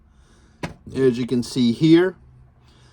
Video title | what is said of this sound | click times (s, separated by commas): Review of Boba Fett and Slave-1 from the Star Wars the Power of the Force series by Kenner | when you hold that trigger it locks the wings into place | 0.6 s